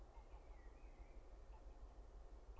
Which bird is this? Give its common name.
Common Blackbird